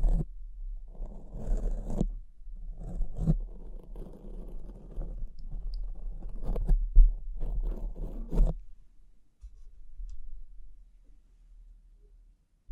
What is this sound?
Tapping, Scratching, Brushing, Crinkles